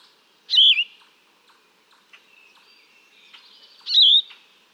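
Yellow-throated vireo song: two hoarse, down-slurred phrases roughly three seconds apart, with soft clicks and a thin faint tone in the gap.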